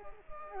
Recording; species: mosquito wingbeat signal from an infrared sensor; Culex quinquefasciatus